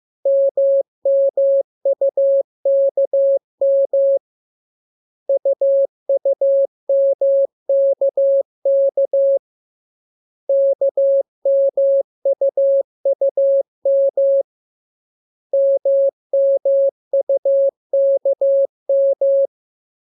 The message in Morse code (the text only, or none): MMUKM UUMKK KMUUM MMUKM